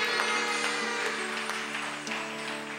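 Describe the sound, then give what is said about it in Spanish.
A crowd claps steadily in applause to the Lord, a dense patter of hands over a sustained keyboard chord that holds throughout, with no one speaking. “Dice la gente, bueno, dale ese aplauso al Señor con todo el corazón, porque Cristo vive y reina para siempre.”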